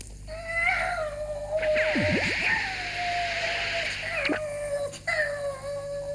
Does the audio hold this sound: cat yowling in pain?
yes